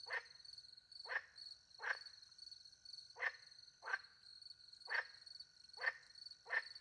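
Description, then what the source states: Frog croaks, short harsh notes repeated roughly every second throughout, against a continuous shrill trilling of crickets. Frogs with crickets at night in the countryside by a small pond, France; microphones hidden in a tree; two Usi pro microphones into a Mixpre 10 II recorder.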